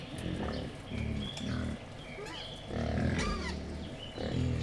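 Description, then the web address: Wild boar producing deep rumbling grunts in bunched bursts, with brief higher squeals and chirps between them. Captive wild boar at Jászberény Zoo, excited before feeding, recorded 28 April 2015. "jaszberenyizoo 2015 vaddiszno etetesrefelajzva"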